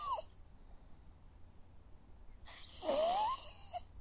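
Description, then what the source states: Dog snoring: the tail of one breath, a quiet pause, then a hissing exhale with a rising whistled whine. Dog sleeping.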